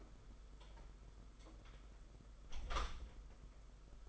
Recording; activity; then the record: daily activity, microphone in the room; close door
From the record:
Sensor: 5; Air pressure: 991.7 hPa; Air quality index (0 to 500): 134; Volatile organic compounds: 81 ppm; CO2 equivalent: 3619 ppm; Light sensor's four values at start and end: 36/118/44/47 and 36/118/44/47